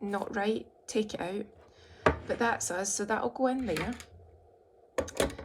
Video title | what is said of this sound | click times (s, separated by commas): Save Money and Keep Produce Fresher with These Smart Storage Containers #Ad | and then we click these on don't we hear the click that was easy no effort at all | 5.0 s, 5.2 s